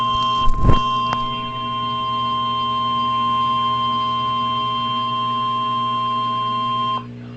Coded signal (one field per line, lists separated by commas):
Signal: Emergency Alert System (SAME) tones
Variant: 1050 Hz attention tone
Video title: NOAA - Severe Thunderstorm Warning (EAS #677)